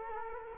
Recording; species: mosquito wingbeat signal from an infrared sensor; Culex quinquefasciatus